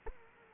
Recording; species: mosquito wingbeat signal from an infrared sensor; Culex quinquefasciatus